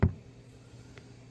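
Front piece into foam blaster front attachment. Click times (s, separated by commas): 0.0 s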